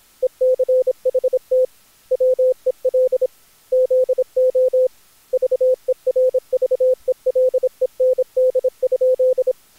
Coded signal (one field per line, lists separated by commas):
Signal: Morse code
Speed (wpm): 26 wpm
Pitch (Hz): 510 Hz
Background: none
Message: ECHT WEL ZO VERVELEND?